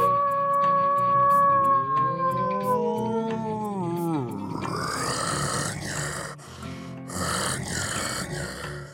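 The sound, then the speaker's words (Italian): A wolf lets out a long howl that slides downward in pitch, then breaks into a harsh, rumbling growl that snarls on loudly for several seconds with no talking. “E il lupo? Forse in questa storia non c'è, penserete. E invece il lupo c'è.”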